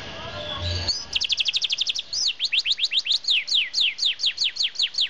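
Bird song: a fast run of high, downward-sweeping chirps, then a slower steady series of descending notes, over low background noise.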